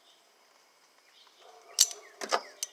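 A fold-out tool piece on a spring-loaded hand tool is moved after a quiet stretch of faint handling noise. It locks into place with a sharp, loud click at 1.8 s, followed by softer ratchet-like mechanical clicks at about 2.2, 2.3 and 2.6 s.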